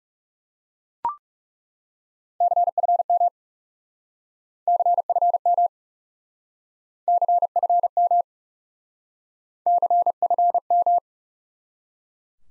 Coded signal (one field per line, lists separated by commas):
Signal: Morse code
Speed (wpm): 37 wpm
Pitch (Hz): 700 Hz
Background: none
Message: CFM CFM CFM CFM